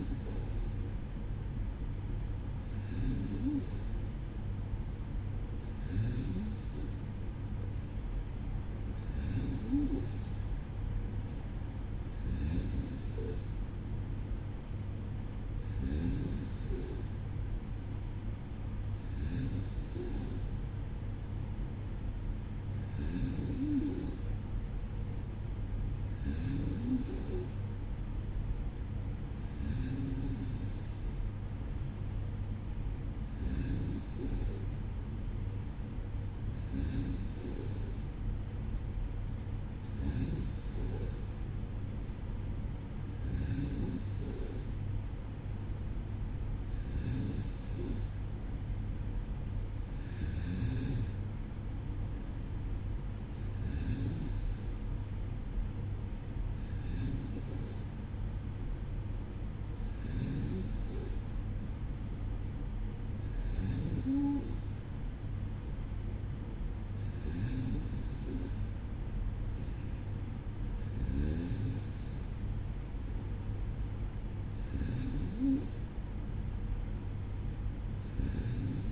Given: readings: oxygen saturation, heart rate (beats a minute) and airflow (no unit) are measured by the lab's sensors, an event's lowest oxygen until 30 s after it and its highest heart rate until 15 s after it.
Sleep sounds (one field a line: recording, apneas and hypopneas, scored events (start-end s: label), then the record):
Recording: breathing in sleep by a smartphone at the bedside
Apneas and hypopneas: none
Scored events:
none scored
From the record:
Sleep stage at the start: N2 (light sleep)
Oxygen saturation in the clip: 94%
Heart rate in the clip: 55 to 58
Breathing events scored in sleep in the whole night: 305 in 9.6 hours asleep